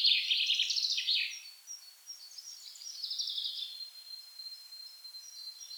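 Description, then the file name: Common chaffinch song, a rapid descending phrase at the start, then softer high twittering and a thin sustained note. "Fringilla coelebs"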